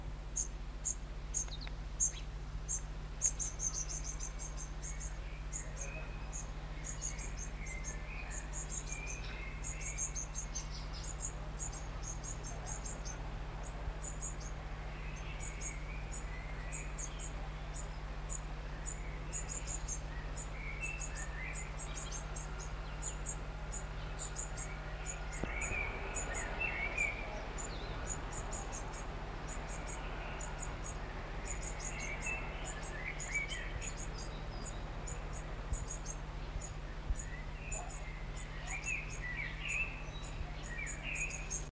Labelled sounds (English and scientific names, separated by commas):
Dunnock (Prunella modularis) call